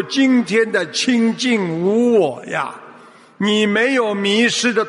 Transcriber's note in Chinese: none